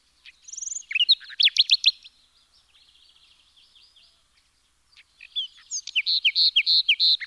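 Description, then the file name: Common nightingale singing a fast run of sharp notes, a soft chattering interlude, then a loud series of evenly repeated whistled notes. "Luscinia megarhynchos"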